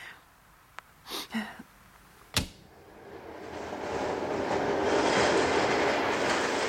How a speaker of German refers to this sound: Der Zug. Mein Gott, das ist ja nicht zum Aushalten. Aufhören! Aufhören! Dann warte ich, bis der Zug die Brücke passiert.